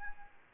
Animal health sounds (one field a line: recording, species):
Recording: mosquito wingbeat signal from an infrared sensor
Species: Anopheles arabiensis